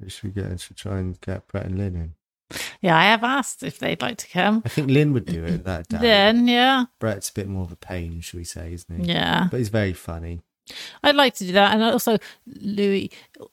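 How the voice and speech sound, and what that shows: An adult talks fluently and clearly about inviting guests, with brief replies from a second voice; typical speech.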